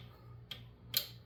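A click-type torque wrench tightens a bolt on a small engine's flywheel/camshaft assembly until it clicks at its setting, the signal to stop. Two short, sharp clicks are heard at 0.5 s and 1.0 s over a low background hum, the second louder and brighter. The wrench has reached its torque setting.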